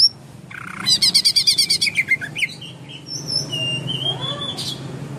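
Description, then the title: Leafbird giving a rapid run of about a dozen sharp repeated notes, followed by thinner high whistles and slurred notes, with low background hum. Recorded in Kalimantan in 2014; local name cucak ijo. "Suara Burung Cucak Ijo 2014 Kalimantan"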